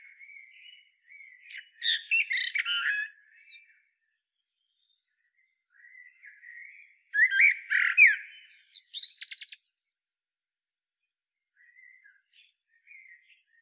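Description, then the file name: Common blackbird song: two main phrases of mellow warbling topped by high scratchy twitters, with faint quiet notes scattered in the pauses. "Turdus merula"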